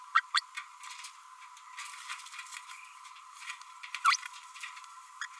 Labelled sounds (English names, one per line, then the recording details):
Green-rumped Parrotlet babbling
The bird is a male
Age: 32 days
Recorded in a nest box in Venezuela
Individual 17B32A6